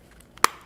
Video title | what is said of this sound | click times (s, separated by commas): 20170926_test | 이렇게 딱 까 소리가 나면 * 속이 다 된겁니다 | 0.4 s